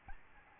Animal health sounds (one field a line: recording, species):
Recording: mosquito wingbeat signal from an infrared sensor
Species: Aedes albopictus